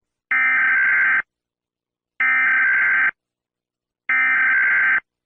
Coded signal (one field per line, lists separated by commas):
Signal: Emergency Alert System (SAME) tones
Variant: header bursts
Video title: SCP EAS ￼